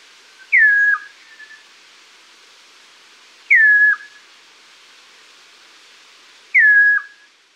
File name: Chestnut-Crowned Antpitta